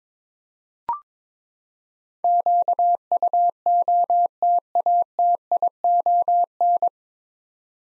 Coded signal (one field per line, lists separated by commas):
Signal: Morse code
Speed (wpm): 22 wpm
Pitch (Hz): 700 Hz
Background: none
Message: QUOTATION